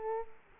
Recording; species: mosquito wingbeat signal from an infrared sensor; Culex quinquefasciatus